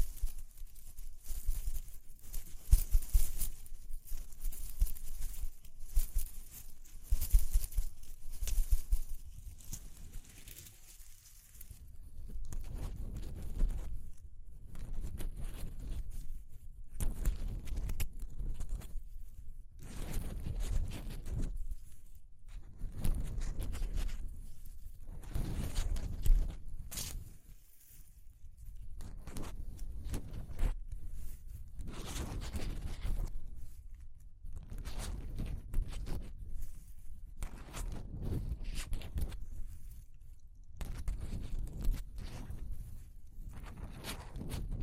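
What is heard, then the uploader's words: Textures are explored through a run of rustling, scraping handling sounds that come in irregular bursts every second or so. The sounds are weighted toward a low thump, with crackly bright edges on some strokes. The busiest, loudest stretch comes in the first ten seconds. ASMR Exploring Textures (No Talking).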